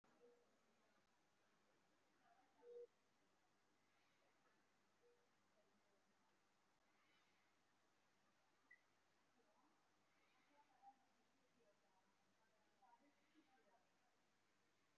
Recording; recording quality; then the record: shallow breathing; moderate, slight background noise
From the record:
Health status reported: respiratory illness, not identified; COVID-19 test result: not tested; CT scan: taken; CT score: 0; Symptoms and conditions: cough, cold, asthma, chronic lung disease, pneumonia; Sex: male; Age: 62 years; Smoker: no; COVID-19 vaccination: none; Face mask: not worn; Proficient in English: no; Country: India